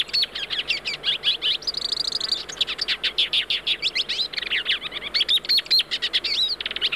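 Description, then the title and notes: Hooded siskin delivering a lively, varied twitter of quick chirps and squeaky slurred notes, briefly interrupted by a thin, high buzzy phrase. Song described as varied and attractive; species lives in open natural or cultivated fields. "Museo de Ciencias de Bahía Blanca. Cabecita Negra (Spinus magellanicus). posee un canto variado y atractivo"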